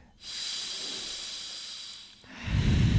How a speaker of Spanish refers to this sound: Con los ojos cerrados, muy bien. No roncamos, por favor. Tan solo respirar profundamente. Inspirar y expirar.